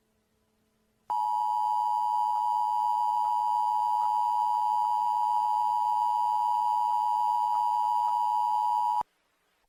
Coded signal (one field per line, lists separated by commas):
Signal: Emergency Alert System (SAME) tones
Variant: 853 and 960 Hz attention tone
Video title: EAS Scenario #18 : Sea Level Rise Outbreak (Requested by: @ImperialKentucky2022)